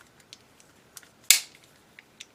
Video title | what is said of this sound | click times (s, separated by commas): *GundamCustoms* MG Wing Gundam Zero Custom Ver Ka (Dual Build) - Part 3 | goes here that locks | 1.3 s